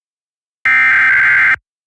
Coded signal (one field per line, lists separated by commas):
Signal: Emergency Alert System (SAME) tones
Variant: header bursts